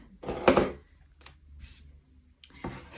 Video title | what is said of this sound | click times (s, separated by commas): Diamond Painting Framing and hanging my Halloween Canvas Outside! 🎃🎃🎃 *WATCH TILL THE END* | and then the B the back one that'll just kind of snap into place | 0.5 s